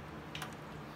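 The plastic electrical connector of a fuel pump assembly, snugged into a Harley gas tank, is plugged into its mating wiring plug. Two quick, sharp clicks sound close together at about 0.4 s over a steady low background hum. The connector clicks in and is seated.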